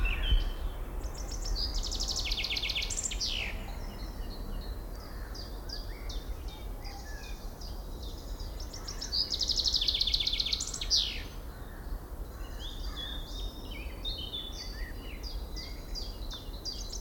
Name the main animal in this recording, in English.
Common Chaffinch